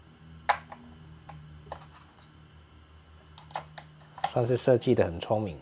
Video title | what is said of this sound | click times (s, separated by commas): 募資14億的神機？實測：絕美木質燈箱！(把印刷廠搬回家) eufyMake E1 | 很容易就卡上去它自己就吸上去了這一側也一樣 | 0.5 s